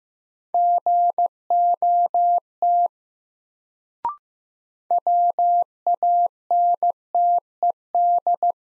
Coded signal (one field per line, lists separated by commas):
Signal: Morse code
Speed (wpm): 15 wpm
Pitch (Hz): 700 Hz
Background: none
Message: GOT WANTED